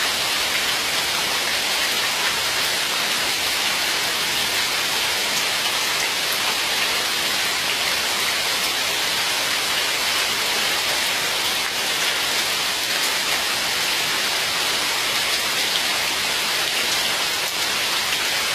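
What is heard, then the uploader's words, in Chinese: Rain falls steadily outside a window, a dense, even hiss that holds the same level for the whole stretch. The sound sits mostly in the bright upper range with little low rumble, and no separate drips, thunder or other noises stand out. 温柔的雨声 躺在床上听窗外下雨声。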